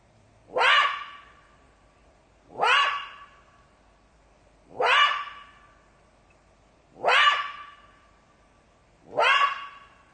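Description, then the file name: Jackal calls: five sharp yelps, each rising quickly and ending in a held, whining tail, repeated steadily about every two seconds over a quiet background. "zvuki shakala"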